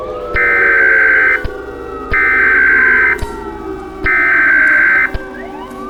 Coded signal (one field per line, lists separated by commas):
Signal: Emergency Alert System (SAME) tones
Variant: header bursts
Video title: EAS-ter Scenario: Hatched from Hell (PART 1) (kinda late)